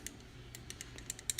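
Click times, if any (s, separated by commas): 1.3 s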